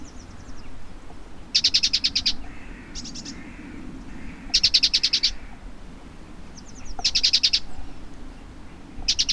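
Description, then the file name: Great tit churring chatter, short rattling bursts of fast buzzy clicks repeated every two to three seconds, with softer faint chatter between them. "Parus major"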